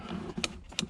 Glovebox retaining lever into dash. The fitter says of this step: down it doesn't make a loud click but you can feel it there it clicked into place and